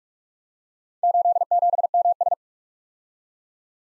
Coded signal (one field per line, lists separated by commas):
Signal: Morse code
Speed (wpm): 44 wpm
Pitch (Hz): 700 Hz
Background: none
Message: 87MS